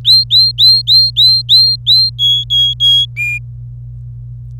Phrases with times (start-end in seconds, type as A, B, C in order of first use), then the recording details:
0.05-2.10 A, 2.19-3.05 B, 3.17-3.38 C. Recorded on 26 April 2018 at 09:49. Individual llb3